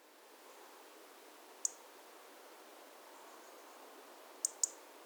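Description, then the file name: European robin giving a single high tick, a pause of nearly three seconds, then a quick double tick, with faint background hiss. "Erithacus rubecula"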